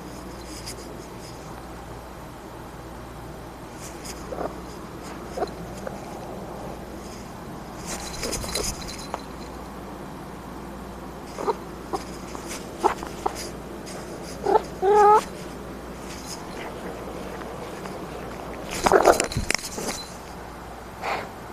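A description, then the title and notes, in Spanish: Natural sounds over a steady low background hum, with scattered clicks and rustles. A short animal cry, like a cat's meow, rises around fifteen seconds, and louder bursts of scraping and knocking come near eight and nineteen seconds. Sonidos Naturaleza.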